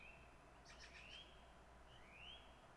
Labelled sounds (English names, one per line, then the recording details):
Song Thrush
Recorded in Germany
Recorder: ecoPi